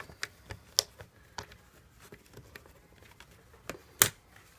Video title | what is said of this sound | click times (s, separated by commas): How To Install Hang Up New Blinds In A Window | And then they snap into place. | 0.8 s, 4.0 s